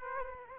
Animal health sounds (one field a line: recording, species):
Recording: mosquito wingbeat signal from an infrared sensor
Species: Aedes aegypti